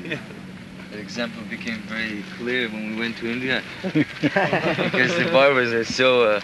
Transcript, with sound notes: That example became very clear when we went to India. [Prabhupāda and devotees laugh] Because the barbers are so...